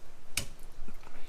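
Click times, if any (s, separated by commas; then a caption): 0.4 s. A new windshield wiper blade on a Mazda 5 is pulled up onto the hook of the wiper arm until its plastic adapter locks. A sharp, bright click is heard at 0.4 s, followed by faint handling noise. The blade is seated on the arm.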